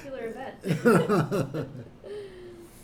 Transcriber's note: both laugh